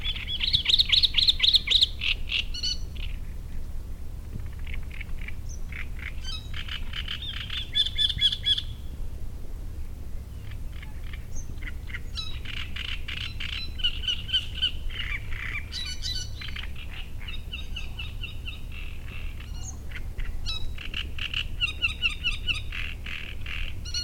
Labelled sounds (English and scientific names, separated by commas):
Great Reed Warbler (Acrocephalus arundinaceus)